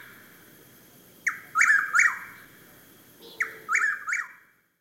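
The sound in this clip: Chuck-will's-widow sings two whistled, rolling phrases with a rising emphatic middle, separated by a short pause, over steady background hiss.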